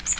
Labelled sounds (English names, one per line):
Magnolia Warbler flight call